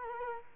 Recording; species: mosquito wingbeat signal from an infrared sensor; Culex quinquefasciatus